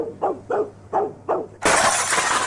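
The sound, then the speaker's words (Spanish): A Cenicer Plus ashtray of sharp, ultrasensitive glass, thrown like a frisbee to a pet dog named Brandon, smashes with a loud, bright crash that bursts into a wash of scattering shards, preceded by four short, rising hoot-like calls in a steady rhythm. “Compuesto de cristal ultrasensible y cortante, Cenicer Plus puede ser usado para mil y un cosas que no sean fumar, incluido el ser lanzado como frisbee a su perrito.”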